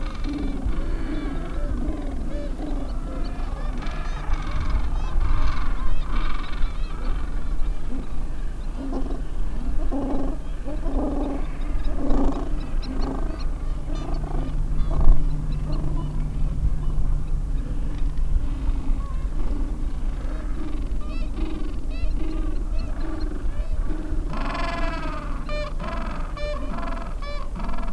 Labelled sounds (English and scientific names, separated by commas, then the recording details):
Gentoo Penguin (Pygoscelis papua)
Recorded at the colony at Yankee Harbour, Antarctica, on 7 December 2015
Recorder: Song Meter SM2+